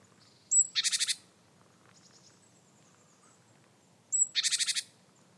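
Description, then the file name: Great tit giving two calls, each a short high thin note leading into a rapid scolding churr, several seconds apart. "Parus major"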